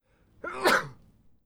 Sneeze single.